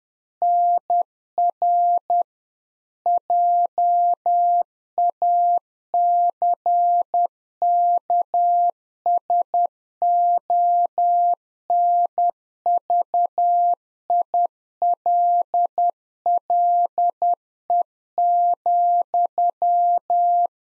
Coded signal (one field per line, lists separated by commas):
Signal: Morse code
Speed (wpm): 10 wpm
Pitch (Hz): 700 Hz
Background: none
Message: NR JACKSONVILLE,